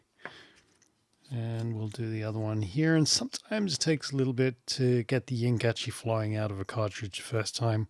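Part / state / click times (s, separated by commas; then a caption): ink cartridge into fountain pen section / seated / 0.2 s. A short international ink cartridge is pressed onto the nib section of a Kaweco Original fountain pen and clicks home at 0.3 s with a sharp, brief snap, followed by two faint ticks. The cartridge is seated, and someone then talks for the rest of the clip.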